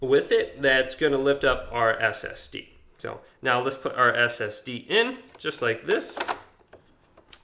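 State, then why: Seated. Someone talks while an M.2 NVMe SSD is pushed into a game console's expansion slot connector. Faint taps follow, and the drive snaps in with a very soft click at 7.3 seconds.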